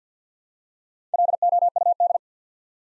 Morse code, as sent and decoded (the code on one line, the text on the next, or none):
.-.. --- ..- -..
LOUD